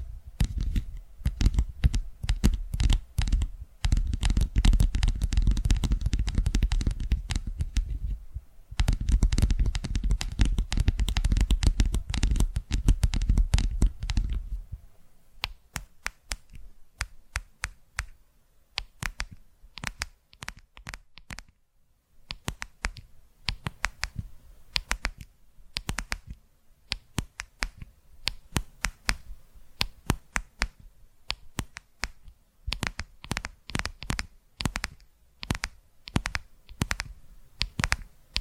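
Tapping sounds in an ASMR style, dense and rapid for the first fifteen seconds, with a fuller low thump under the clicks and a brief pause near eight seconds. After that the taps turn sparse, sharp and dry, falling into irregular clusters of quick clicks with quiet gaps between.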